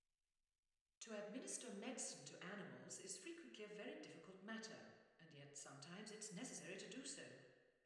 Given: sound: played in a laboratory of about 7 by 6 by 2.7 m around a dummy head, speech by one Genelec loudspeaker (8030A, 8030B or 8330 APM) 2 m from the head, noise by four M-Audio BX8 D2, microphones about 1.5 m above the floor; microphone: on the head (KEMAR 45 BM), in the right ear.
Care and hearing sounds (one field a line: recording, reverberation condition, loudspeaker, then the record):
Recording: female speech in English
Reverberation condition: high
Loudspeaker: 60 degrees to the right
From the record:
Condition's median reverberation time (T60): about 1300 ms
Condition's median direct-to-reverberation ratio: about -4.0 dB